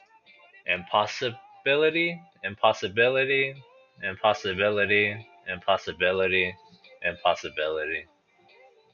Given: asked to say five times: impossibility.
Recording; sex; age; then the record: repeated word; male; 20 to 29 years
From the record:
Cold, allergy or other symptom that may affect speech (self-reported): no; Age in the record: 28 years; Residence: Texas, United States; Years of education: 16